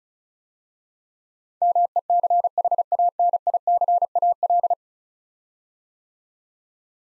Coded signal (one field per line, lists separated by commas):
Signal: Morse code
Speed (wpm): 36 wpm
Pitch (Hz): 700 Hz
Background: none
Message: MECHANICAL